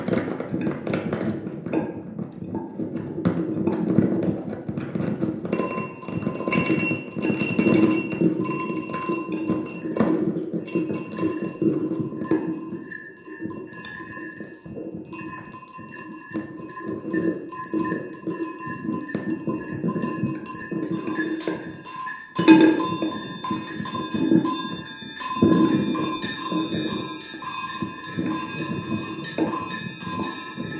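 An improvisation played on a tabletop full of junk: a busy clatter of knocks and scrapes runs throughout, with low thuds underneath. From about five seconds in, ringing metallic tones like small bells and struck scrap metal sustain and overlap, with a sharp hit near twenty-two seconds.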